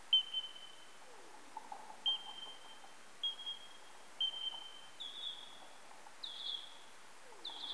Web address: eastern coastal free tailed bat